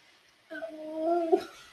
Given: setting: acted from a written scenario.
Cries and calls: vocal sound without words; pain

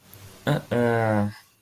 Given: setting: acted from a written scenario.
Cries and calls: vocal sound without words; disappointment

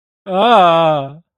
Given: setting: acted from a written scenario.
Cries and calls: vocal sound without words; fear

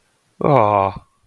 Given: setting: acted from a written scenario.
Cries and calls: vocal sound without words; adoration

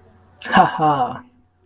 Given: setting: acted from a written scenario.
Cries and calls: vocal sound without words; amusement

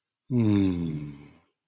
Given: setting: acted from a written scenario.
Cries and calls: vocal sound without words; serenity

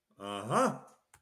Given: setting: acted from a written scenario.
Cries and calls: vocal sound without words; triumph

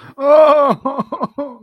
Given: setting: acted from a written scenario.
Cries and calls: vocal sound without words; sadness

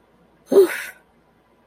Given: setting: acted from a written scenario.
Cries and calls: vocal sound without words; relief

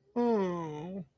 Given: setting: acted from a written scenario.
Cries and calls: vocal sound without words; sadness

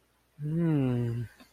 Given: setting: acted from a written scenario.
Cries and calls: vocal sound without words; serenity

